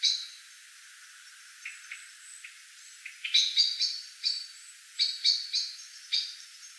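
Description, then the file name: Common blackbird with a loud opening note and a few soft, spaced ticks at first, then a louder series of sharp chink calls in short groups toward the end. "Turdus merula"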